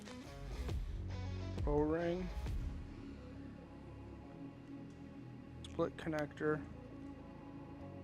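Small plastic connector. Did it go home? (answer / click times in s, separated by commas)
no / none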